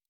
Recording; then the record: hydrophone in a shrimp aquaculture tank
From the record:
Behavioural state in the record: normal